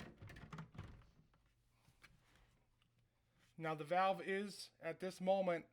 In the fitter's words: filter in and then what you want to do put this down and then lock it right into place